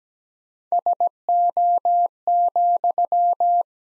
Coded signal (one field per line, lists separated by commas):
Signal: Morse code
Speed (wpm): 17 wpm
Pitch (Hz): 700 Hz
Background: none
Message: SO,